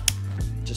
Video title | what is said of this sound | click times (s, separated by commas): SALTY CAPTAIN'S NEW FOAM GUN!! (Unboxing & how to assemble) | that in there like that make sure it bites and clicks your head a little click on the end | 0.1 s